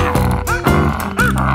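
A donkey brays loudly in rough, harmonic bursts that rise and fall in pitch, two strong calls about half a second apart over a steady low backing.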